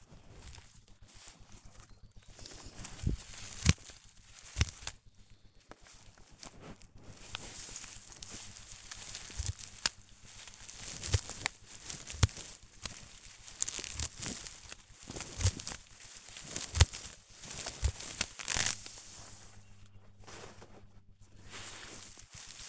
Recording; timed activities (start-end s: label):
household activities, microphone on the right wrist
0.00-22.69 s: cutting plants (near water)